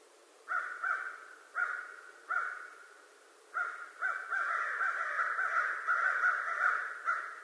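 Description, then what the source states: American crow giving a few spaced harsh caws, then a continuous raucous series of caws. Recorded 25 November 2011.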